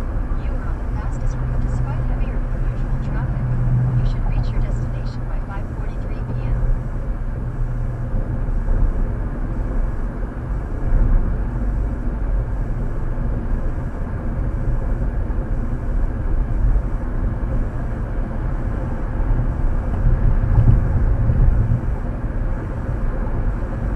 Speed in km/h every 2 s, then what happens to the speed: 89, 87, 87, 85, 81, 82, 82, 84, 85, 87, 89, 89.
0-8 slows to 81. 8-24 steady at about 84.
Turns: none.